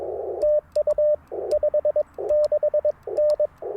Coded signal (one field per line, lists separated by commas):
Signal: Morse code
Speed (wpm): 22 wpm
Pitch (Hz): 590 Hz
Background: radio noise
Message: TU 56N